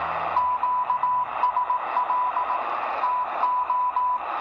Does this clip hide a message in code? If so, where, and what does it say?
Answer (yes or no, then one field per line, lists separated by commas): yes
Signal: Morse code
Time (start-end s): 0.4-4.2 s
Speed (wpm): 18 wpm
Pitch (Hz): 1000 Hz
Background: radio noise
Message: QSL TO